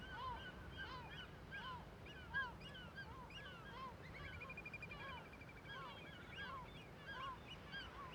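Gulls giving alarm calls: many loud, arched, nasal calls overlapping from a colony, with one long rapid trill running through the middle, over steady low rumble.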